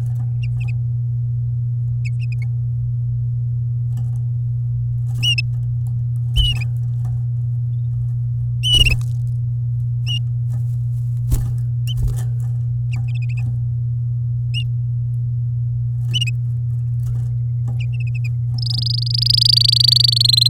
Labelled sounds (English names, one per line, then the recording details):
Domestic Canary song
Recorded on 10 May 2018 at 10:02
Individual llb16